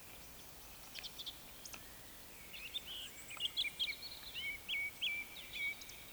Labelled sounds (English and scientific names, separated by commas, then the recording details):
Eurasian Woodcock (Scolopax rusticola) whistle, Eurasian Woodcock (Scolopax rusticola) croak
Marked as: croak, whistle, whistle
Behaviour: display flight
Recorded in Baden-Württemberg, Germany, on 20 May 2021 at 19:28 UTC
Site 24606, 635 m above sea level